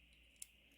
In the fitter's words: snaps into place and stays in place really well